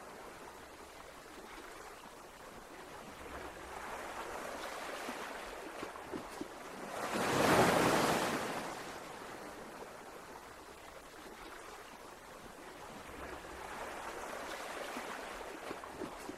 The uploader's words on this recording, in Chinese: 海浪聲。海浪,流水,小河,溪水。